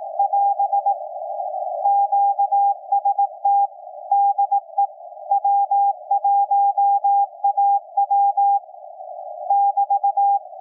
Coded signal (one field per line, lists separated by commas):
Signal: Morse code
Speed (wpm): 18 wpm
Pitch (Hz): 800 Hz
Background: none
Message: <AS> QST DE W1AW <BT>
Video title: SDRplay RSPdx HDR mode on 160 meters SSB CW with MLA 30 Plus and W6LVP switching antenna